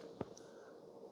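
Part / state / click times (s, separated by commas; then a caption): plastic hose/accessory holder piece into the back of a portable carpet cleaner housing / seated / 0.2 s. A plastic hose/accessory holder piece is set at an angle and pushed into the back of a BISSELL Spot Clean ProHeat Pet 2513W portable carpet cleaner housing. A short, sharp click at 0.2 s seats it, followed by a faint high tick near 0.4 s over a low, steady background hum. The holder is seated on the cleaner body.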